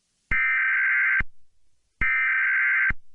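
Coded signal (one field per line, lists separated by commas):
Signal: Emergency Alert System (SAME) tones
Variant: header bursts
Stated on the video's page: Fictional EAS scenario.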